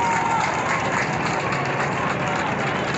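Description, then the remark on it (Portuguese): A crowd applauding steadily outdoors at the door of the city hall for Bruno Covas as his funeral cortege passes, while people release white balloons; a dense wash of clapping that stays level and unbroken for a few seconds, with faint murmuring voices mixed in. “Na porta da prefeitura, as pessoas soltaram balões brancos e aplaudiram Bruno Covas.”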